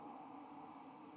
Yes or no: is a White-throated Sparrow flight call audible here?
no